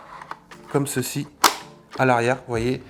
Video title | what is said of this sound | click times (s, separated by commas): Review & Test du Rowenta Serie 95 : le meilleur robot aspirateur ?! | un petit clic et je sais pas si j'ai bien vu donc là ça tiens je peux tirer dessus ça ne parte pas c'est un petit clic | 0.3 s